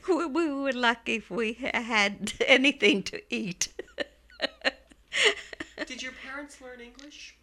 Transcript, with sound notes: We were lucky if we had anything to eat. ( she laughs )
Did your parents learn English?